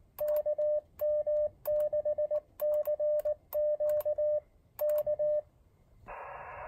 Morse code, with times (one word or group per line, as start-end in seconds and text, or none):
0.2-4.4 KM6CQ
4.8-5.4 K